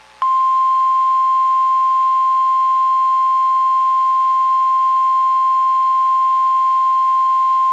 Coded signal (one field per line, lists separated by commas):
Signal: Emergency Alert System (SAME) tones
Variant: 1050 Hz attention tone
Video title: Required Weekly Test (EAS#285)